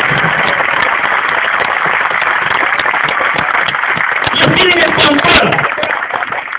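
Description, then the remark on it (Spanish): A crowd at an Andrés Manuel López Obrador political rally in Mazatlán applauds the free and independent press of Sinaloa and Colombia steadily for several seconds, a dense wash of many hands clapping with voices mixed in, swelling slightly louder toward the end before easing off. “Un aplauso para la prensa libre e independiente de Sinaloa y de Colombia.”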